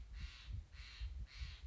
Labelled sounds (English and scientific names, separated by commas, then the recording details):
Steller's Jay (Cyanocitta stelleri)
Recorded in Sonoma County, California